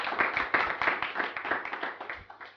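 A group of people clap steadily together to welcome a guest and his family, a dense, crackling patter of many hands that stays fairly even in loudness throughout, with no voices standing out.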